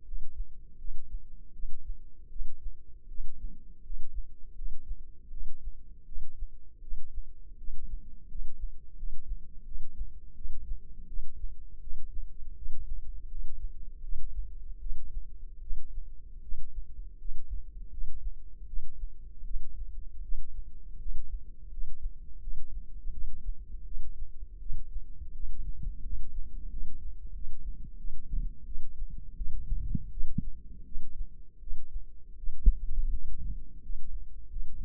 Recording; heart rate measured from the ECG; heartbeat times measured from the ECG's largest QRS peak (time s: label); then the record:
heart sounds by microphone in the left ear; 82 bpm
0.03 s: heartbeat
0.77 s: heartbeat
1.51 s: heartbeat
2.28 s: heartbeat
3.07 s: heartbeat
3.82 s: heartbeat
4.54 s: heartbeat
5.29 s: heartbeat
6.04 s: heartbeat
6.80 s: heartbeat
7.56 s: heartbeat
8.27 s: heartbeat
8.95 s: heartbeat
9.63 s: heartbeat
10.33 s: heartbeat
11.06 s: heartbeat
11.79 s: heartbeat
12.54 s: heartbeat
13.27 s: heartbeat
14.01 s: heartbeat
14.79 s: heartbeat
15.59 s: heartbeat
16.40 s: heartbeat
17.17 s: heartbeat
17.89 s: heartbeat
18.65 s: heartbeat
19.43 s: heartbeat
20.21 s: heartbeat
20.97 s: heartbeat
21.69 s: heartbeat
22.39 s: heartbeat
23.10 s: heartbeat
23.83 s: heartbeat
24.58 s: heartbeat
25.32 s: heartbeat
26.01 s: heartbeat
26.68 s: heartbeat
27.32 s: heartbeat
27.96 s: heartbeat
28.64 s: heartbeat
29.35 s: heartbeat
30.09 s: heartbeat
30.83 s: heartbeat
31.59 s: heartbeat
32.35 s: heartbeat
33.10 s: heartbeat
33.81 s: heartbeat
34.48 s: heartbeat
From the record:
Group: healthy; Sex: female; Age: 19 years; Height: 163 cm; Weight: 51 kg